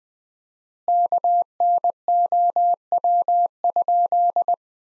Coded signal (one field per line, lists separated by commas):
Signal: Morse code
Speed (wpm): 20 wpm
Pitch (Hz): 700 Hz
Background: none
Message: KNOW?